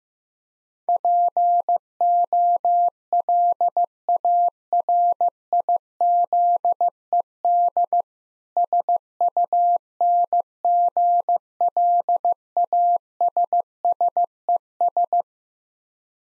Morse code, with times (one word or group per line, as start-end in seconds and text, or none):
0.9-8.0 POLARIZED
8.6-15.2 SUNGLASSES